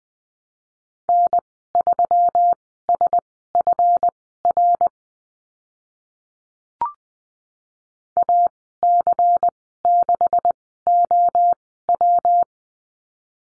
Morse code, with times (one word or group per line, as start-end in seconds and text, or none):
1.1-4.9 N3SFR
8.2-12.4 AC6OW